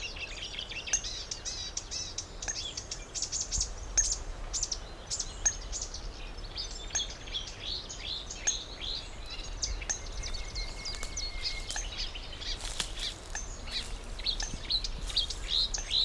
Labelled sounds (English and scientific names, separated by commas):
Marsh Warbler (Acrocephalus palustris)